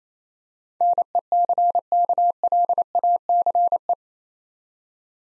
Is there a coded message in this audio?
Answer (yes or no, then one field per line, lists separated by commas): yes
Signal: Morse code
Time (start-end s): 0.8-3.9 s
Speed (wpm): 27 wpm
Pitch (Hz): 700 Hz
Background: none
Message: NECKLACE